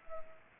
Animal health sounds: mosquito wingbeat signal from an infrared sensor; Anopheles arabiensis

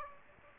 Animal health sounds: mosquito wingbeat signal from an infrared sensor; Aedes aegypti

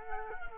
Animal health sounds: mosquito wingbeat signal from an infrared sensor; Culex quinquefasciatus

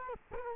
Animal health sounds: mosquito wingbeat signal from an infrared sensor; Culex quinquefasciatus

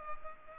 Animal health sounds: mosquito wingbeat signal from an infrared sensor; Culex pipiens

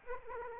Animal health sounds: mosquito wingbeat signal from an infrared sensor; Aedes aegypti

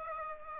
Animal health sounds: mosquito wingbeat signal from an infrared sensor; Aedes aegypti

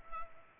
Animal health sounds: mosquito wingbeat signal from an infrared sensor; Culex pipiens

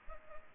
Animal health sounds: mosquito wingbeat signal from an infrared sensor; Culex pipiens

